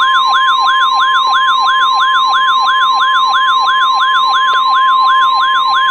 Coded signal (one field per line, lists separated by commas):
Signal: Emergency Alert System (SAME) tones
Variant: 1050 Hz attention tone